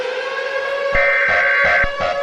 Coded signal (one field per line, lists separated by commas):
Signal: Emergency Alert System (SAME) tones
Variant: header bursts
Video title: World War III: An EAS Scenario